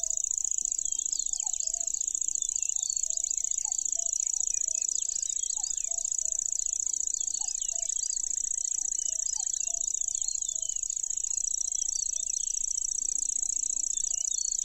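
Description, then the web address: Lanceolated warbler, a high, steady insect-like reel held without a break for the whole stretch, with many twittering notes and lower piping notes in the background. "makinosennyu"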